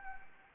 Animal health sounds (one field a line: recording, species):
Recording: mosquito wingbeat signal from an infrared sensor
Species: Anopheles arabiensis